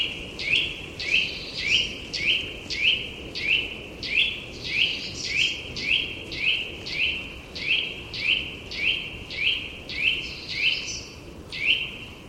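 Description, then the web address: Eurasian nuthatch song of repeated ringing whistled notes, a little under two per second, each note rising, with light background noise. "chant didier collin sittelle torchepot"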